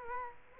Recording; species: mosquito wingbeat signal from an infrared sensor; Culex quinquefasciatus